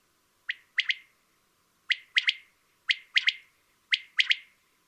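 Common quail repeating its clipped triple-note call, each phrase a single whip followed by two rapid notes, four phrases at slightly uneven spacing.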